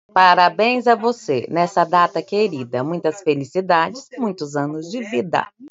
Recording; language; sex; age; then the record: short text; Brazilian Portuguese; female; 40 to 49 years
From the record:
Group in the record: control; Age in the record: 45 years